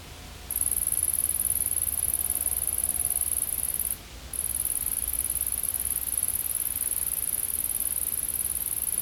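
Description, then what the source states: High, shrill insect drone that starts after a brief pause, stops for a moment midway, then carries on steadily to the end; low hum behind. Recorded in a field.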